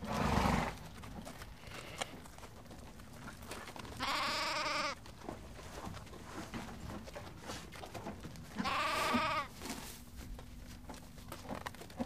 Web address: le belement des moutons le machonnement des chevaux le reniflement des chevaux